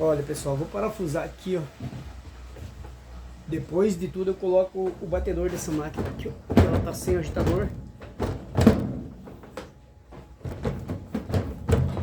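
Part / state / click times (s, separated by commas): agitator onto washing machine drive shaft / not seated / none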